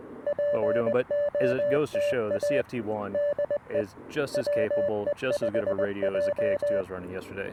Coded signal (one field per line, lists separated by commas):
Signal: Morse code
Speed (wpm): 20 wpm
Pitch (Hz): 590 Hz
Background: speech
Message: POTA DE WE5J